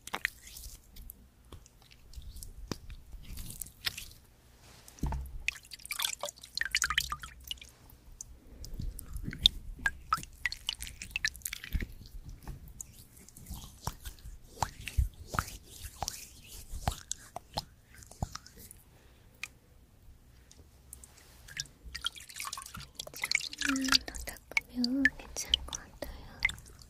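Creamy products being worked over skin in a massage give a dense run of wet squishes, smacks and small drips. The sounds come in quick, irregular bursts throughout, with a low thumping rumble underneath and a few brief tonal chirps near the end.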